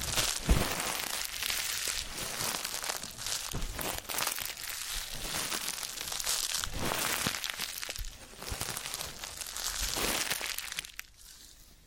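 Massage and ear cleaning sounds: a continuous crinkling, crackling rustle, dense and bright, like material being rubbed and crushed. Sharper scratchy bursts stand out near the start and again around seven and ten seconds, and the sound thins out in the last second.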